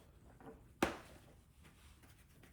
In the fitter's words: there's this little open hook I you heard audible clicking out and then at this point